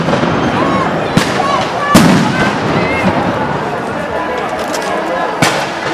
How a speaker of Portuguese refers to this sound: Mais bomba. Tem 3, 4 bombas de uma vez. Nossa, um monte de tiro de bala de borracha. O vento tá levando a fumaça em direção ao Palácio Iguaçu.